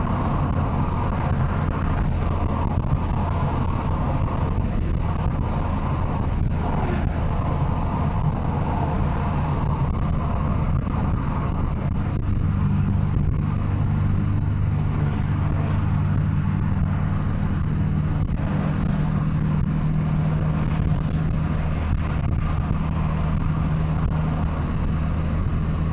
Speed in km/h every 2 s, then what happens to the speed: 96, 94, 92, 91, 88, 87, 84, 84, 86, 87, 88, 89, 90.
0-11 slows to 84.